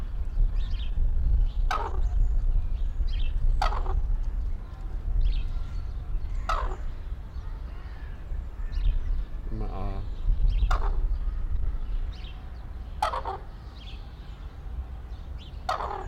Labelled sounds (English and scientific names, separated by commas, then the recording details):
Red-crowned Crane (Grus japonensis)
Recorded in captivity
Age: adult
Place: Zoo Berlin, Berlin, DE
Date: 1994-03-05 12:19
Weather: heiter, 4°C, Windböen
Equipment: Marantz CP 430, Sennheiser ME 80, Kopie Uher Variocord 263
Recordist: Tembrock, Günter
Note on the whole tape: 2 Tiere: Kurzlaute, kommen nach vorn, längere Stücke